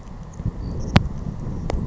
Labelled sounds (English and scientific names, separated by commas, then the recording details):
Savannah Sparrow (Passerculus sandwichensis)
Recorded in Sonoma County, California